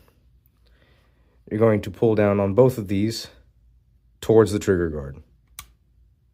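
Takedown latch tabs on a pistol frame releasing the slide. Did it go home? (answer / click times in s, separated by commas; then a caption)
released / 5.6 s. Someone talks while pulling both takedown tabs on the sides of a Beretta PX4 Storm Full Size pistol frame down towards the trigger guard. The takedown latch drops with a small, sharp click at 5.6 s, freeing the slide.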